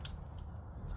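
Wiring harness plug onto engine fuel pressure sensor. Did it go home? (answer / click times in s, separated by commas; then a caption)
yes / 0.1 s. A plastic wiring harness plug is pushed onto the engine fuel pressure sensor of a VW 2.0T TSI while reinstalling after a high pressure fuel pump job. It latches with one sharp, bright click at 0.0 s, then only a low hum remains. The connector is seated.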